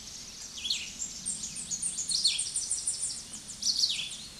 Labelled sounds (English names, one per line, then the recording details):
Tennessee Warbler song
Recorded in a Pennsylvania forest on 16 May 2024 at 08:51
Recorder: AudioMoth, point MSD-1405
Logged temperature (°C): 15.6 °C
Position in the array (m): 164 m, 185 m